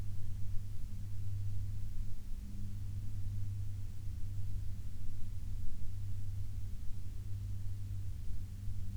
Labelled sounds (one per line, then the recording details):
aircraft
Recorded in the Prudhoe Bay oil fields, Alaska, on 12 May 2019 at 07:53
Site 16